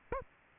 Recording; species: mosquito wingbeat signal from an infrared sensor; Aedes aegypti